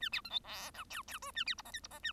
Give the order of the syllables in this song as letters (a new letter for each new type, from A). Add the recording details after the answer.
A B C D E F G G H A B I J K I J A. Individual Bird1